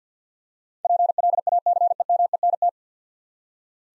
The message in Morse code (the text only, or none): PLACEMENT